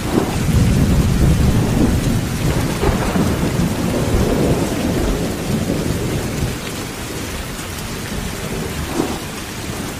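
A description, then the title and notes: Heavy rain pours steadily and densely while a deep thunder rumble rolls through the first half, then eases into constant downpour. Deeply Intense Thunderstorm Noise on A Stormy Night | Heavy Downpour of Rain and Impressive Thunder. Deeply Intense Thunderstorm Noise on A Stormy Night and very Heavy Downpour of Rain and Impressive Thunder.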